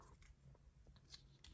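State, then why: Seated. A plastic lifeboat part on a partwork Titanic model is pulled through and pushed home into a plastic fitting, with faint handling scrapes and a small tick near 1.1 seconds. A sharp plastic click at 1.4 seconds marks the part snapping firmly into place.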